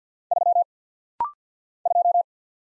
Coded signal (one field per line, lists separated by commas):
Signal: Morse code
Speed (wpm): 48 wpm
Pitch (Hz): 700 Hz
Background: none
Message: 3 2